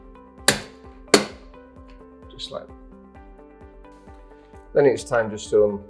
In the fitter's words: and then you'll basically just pop it back and you'll hear the click.